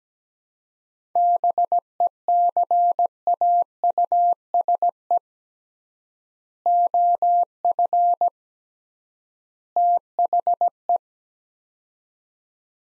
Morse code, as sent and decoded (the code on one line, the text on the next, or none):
-... . -.-. .- ..- ... . / --- ..-. / - .... .
BECAUSE OF THE